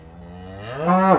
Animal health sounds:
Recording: contact call of a hoofed animal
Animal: cattle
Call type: low-frequency (closed-mouth) or high-frequency (open-mouth) call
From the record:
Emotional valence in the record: positive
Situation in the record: physical reunion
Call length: 1.19 s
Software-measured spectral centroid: 1250 Hz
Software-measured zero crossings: 1500 a second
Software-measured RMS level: -20 dBFS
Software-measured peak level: 0 dBFS

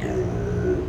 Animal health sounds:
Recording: contact call of a hoofed animal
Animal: pig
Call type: closed-mouth grunt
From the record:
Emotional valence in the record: negative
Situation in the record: short social isolation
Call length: 0.89 s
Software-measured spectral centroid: 1330 Hz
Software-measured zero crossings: 730 a second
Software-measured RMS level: -24 dBFS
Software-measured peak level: -13 dBFS

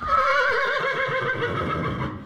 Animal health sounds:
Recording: contact call of a hoofed animal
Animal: horse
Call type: whinny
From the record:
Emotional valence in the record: positive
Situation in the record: reunion with the whole group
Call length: 2.3 s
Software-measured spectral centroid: 1700 Hz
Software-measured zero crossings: 2200 a second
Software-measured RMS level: -24 dBFS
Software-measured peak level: -10 dBFS

